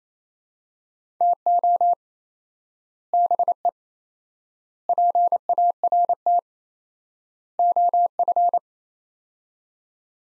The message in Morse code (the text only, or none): TO BE PART OF